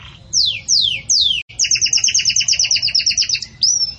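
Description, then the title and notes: Belgian canary song opening with three sweeping downslurred whistles, a brief pause, then a rapid doubled trill and a final rising whistle. Belgian canary; pure "campainha" song with pauses, for training. "Canto Canário Belga Campainha Puro Com Pausa Para Treinamento. CANARIO BELGA"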